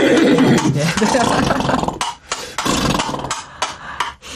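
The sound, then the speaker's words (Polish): An imitation of a hurrying horse made with the hard halves of a coconut shell held near a microphone: a long, rough, whinnying roar fills the first two seconds, then breaks into quick, uneven knocking bursts like galloping hooves, loud throughout. “No tak, konia, który spieszy się do tam.”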